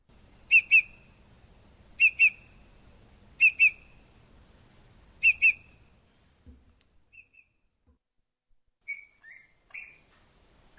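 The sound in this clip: Bird calling in sharp paired whistled notes, each pair repeated about every one and a half seconds, then a few softer scattered chirps.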